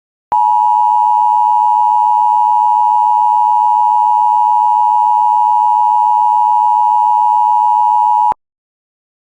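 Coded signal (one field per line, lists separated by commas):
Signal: Emergency Alert System (SAME) tones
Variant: 853 and 960 Hz attention tone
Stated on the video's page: IPAWS weekly test alerts.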